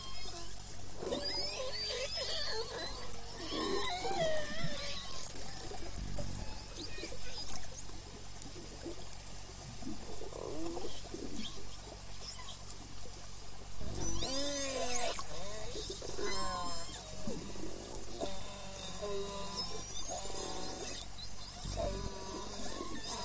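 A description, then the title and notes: Orcas call underwater in an almost continuous stream of rising and falling squeals and whistles, some overlapping. Bursts of rapid clicking arrive near the start, around 14 to 16 seconds, and again near 22 seconds, over a steady low hum of water. Underwater baby shower? Listen to J pod with new calf J59.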